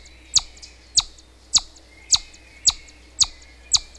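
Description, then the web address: Chipmunk giving short, piercing chip notes, seven in quick succession at a regular pace, with a soft steady hum underneath. "chipmunk calling"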